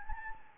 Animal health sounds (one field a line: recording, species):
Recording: mosquito wingbeat signal from an infrared sensor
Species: Anopheles gambiae